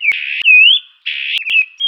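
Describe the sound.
Bird song units, a loud buzzy note, then a smooth whistled slur dipping and rising, a pause, then further harsh buzzy notes with sharp clicks and a brief pure whistle.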